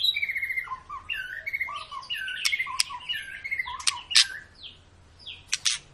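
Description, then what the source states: White-rumped shama singing a rich, continuous medley of fluting whistles, quick slurred phrases and crisp ticking clicks. Lure recording of a white-rumped shama in long, continuous full song, used to prompt other birds to sing; 'gacor panjang' means prolonged nonstop singing.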